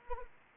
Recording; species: mosquito wingbeat signal from an infrared sensor; Anopheles arabiensis